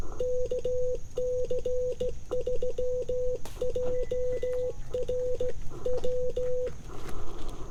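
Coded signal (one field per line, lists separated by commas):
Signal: Morse code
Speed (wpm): 16 wpm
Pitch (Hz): 500 Hz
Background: none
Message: KC3JRW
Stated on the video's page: 15 wpm CW POTA park activation sent on a J-38 straight key with an Icom IC-705 into an end-fed half-wave antenna, on 40 metres.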